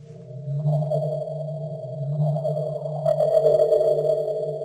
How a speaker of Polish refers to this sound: która przy wykorzystaniu specjalnych dźwięków umożliwi osobom niewidomym bądź niedowidzącym naukę echolokacji